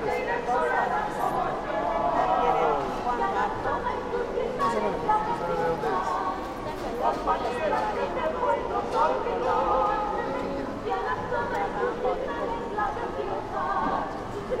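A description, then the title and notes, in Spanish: Food stalls at the San Pedro market in Cusco: constant overlapping voices and chatter, steady and dense, with occasional sharper clinks and knocks. Recorrido zona de comidas mercado San Pedro Cusco by Alejandro Cornejo Montibeller.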